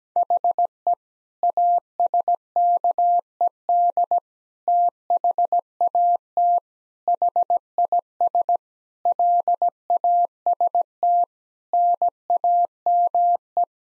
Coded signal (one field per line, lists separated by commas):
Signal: Morse code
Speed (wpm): 17 wpm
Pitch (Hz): 700 Hz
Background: none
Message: HE ASKED THAT HIS LAST NAME